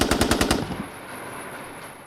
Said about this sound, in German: Insgesamt fielen 7 Schüsse. Tote keine. Verletzte die Decke.